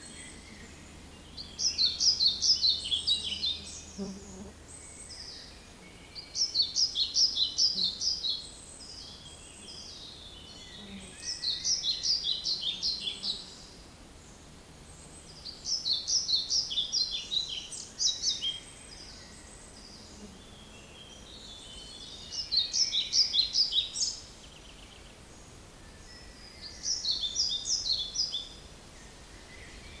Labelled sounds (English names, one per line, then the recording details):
European Pied Flycatcher
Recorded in the wild
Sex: male
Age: adult
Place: Mühlenbeck, Brandenburg, DE
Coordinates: 52.625, 13.404
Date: 1992-05-23 10:44
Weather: sonnig, 20-24°C, böiger Ost-Wind
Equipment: Nagra SN, Mikrofon AKG CK 8, Kopie Tesla B 116
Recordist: Tembrock, Günter
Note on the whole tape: Mühlenbecker Wald; Gesang (ca. 20 Strophen) mit Imitationen; Kohlmeise